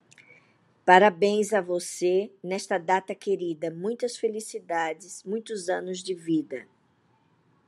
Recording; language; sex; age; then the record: short text; Brazilian Portuguese; female; 60 to 69 years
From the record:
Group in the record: control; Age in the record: 60 years